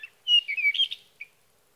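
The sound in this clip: Sage thrasher song fragment: a short burst of slurred, warbled whistles lasting under a second, followed by one brief note.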